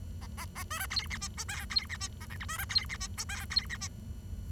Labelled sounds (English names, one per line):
Bengalese Finch song